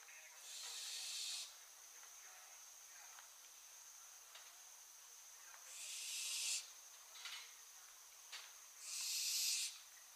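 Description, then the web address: Barn owl hissing, a rasping burst, a long pause with faint clicks, then two more hisses close together. "Schleiereule - Schleiereule - Tyto alba"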